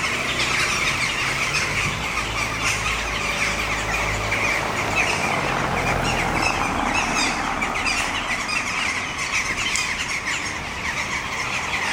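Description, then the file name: Common starling flock giving continuous squeals and harsh chatter, a thick overlapping chorus. Several starlings in trees at Selçuk, 20 October 2020. "2020 10 20 selcuk starlings in trees"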